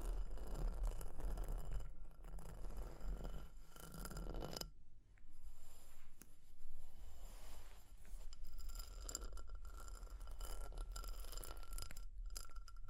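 Fire crackling with dense, irregular pops and snaps, mixed with scratching and scraping textures throughout. A low rumble fills the first half, then drops out just before five seconds, leaving thinner crackle and sharp taps that build again toward the end.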